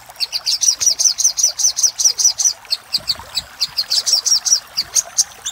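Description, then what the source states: Little spiderhunter delivering quick strings of high, thin chip notes, with short breaks between phrases. Master recording used for training cage birds.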